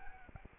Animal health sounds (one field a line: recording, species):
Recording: mosquito wingbeat signal from an infrared sensor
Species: Anopheles arabiensis